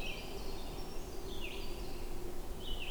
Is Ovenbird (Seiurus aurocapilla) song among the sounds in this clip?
no